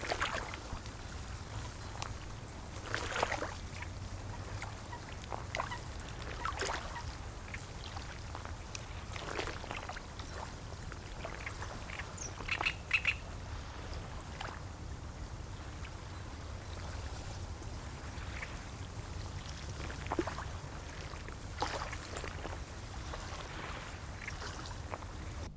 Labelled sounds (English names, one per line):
Great Reed Warbler